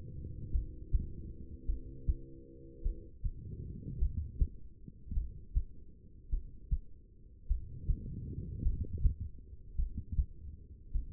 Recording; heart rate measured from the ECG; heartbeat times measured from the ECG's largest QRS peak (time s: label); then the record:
heart sounds by stethoscope; 52 bpm
0.51 s: heartbeat
1.65 s: heartbeat
2.82 s: heartbeat
3.98 s: heartbeat
5.13 s: heartbeat
6.29 s: heartbeat
7.47 s: heartbeat
8.62 s: heartbeat
9.75 s: heartbeat
10.92 s: heartbeat
From the record:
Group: heart failure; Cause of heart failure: non-ischemic cardiomyopathy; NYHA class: 1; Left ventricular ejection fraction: 52%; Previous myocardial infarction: absent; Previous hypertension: absent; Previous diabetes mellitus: absent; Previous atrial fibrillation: present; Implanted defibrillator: absent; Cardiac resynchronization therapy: absent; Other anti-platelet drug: absent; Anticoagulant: apixaban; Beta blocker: bisoprolol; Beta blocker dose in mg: 10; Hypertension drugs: sacubitril-valsartan, spironolactone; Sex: female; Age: 68 years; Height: 169 cm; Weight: 71 kg